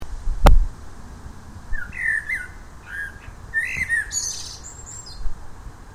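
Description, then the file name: Common blackbird singing mellow warbled phrases with scratchy high trailing notes, after one sharp loud click at the start. "Turdus merula"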